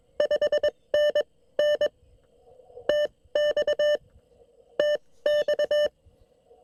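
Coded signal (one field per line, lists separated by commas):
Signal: Morse code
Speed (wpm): 21 wpm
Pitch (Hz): 600 Hz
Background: none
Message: 5NN TX TX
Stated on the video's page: Park activation in CW with a QRP Labs QMX, QRP on 20m and 50W amplifier on 40m, into a LilDude6 V2 and 40m EFHW inverted V.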